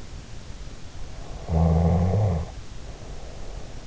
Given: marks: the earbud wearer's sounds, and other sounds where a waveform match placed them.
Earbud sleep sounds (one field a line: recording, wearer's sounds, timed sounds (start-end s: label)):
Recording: sounds in sleep by an in-ear microphone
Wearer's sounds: snoring breath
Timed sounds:
1.34-3.70 s: snoring breath